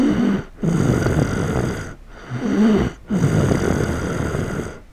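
An adult snoring at night in Die, August 2008: loud, low-pitched, rattling snores on each breath, repeating roughly every two and a half seconds with brief quiet gaps between them.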